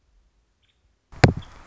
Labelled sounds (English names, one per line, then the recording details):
Nuttall's Woodpecker
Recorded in Sonoma County, California